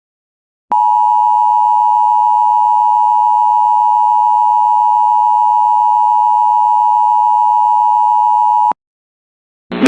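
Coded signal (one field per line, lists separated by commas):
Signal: Emergency Alert System (SAME) tones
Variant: 853 and 960 Hz attention tone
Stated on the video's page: Severe thunderstorm warnings and a required weekly test received on an internet stream of a broadcast station.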